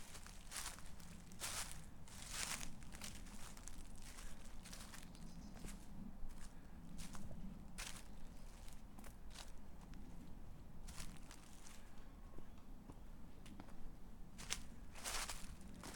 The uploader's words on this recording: The soothing crunch of leaves on a late winter's day. We're in a wooden vale in the Black Mountains of south wales. It’s very late winter but recent bright and dry weather has crisped the autumn leaves.